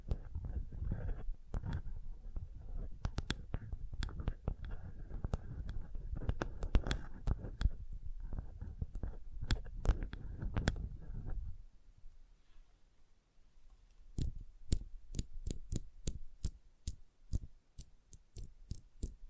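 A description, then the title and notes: Sensitive tapping in dense, irregular bursts with low thumps for eleven seconds, then a brief hush, followed by sparse, regular, bright ticks. Sensitive Tapping.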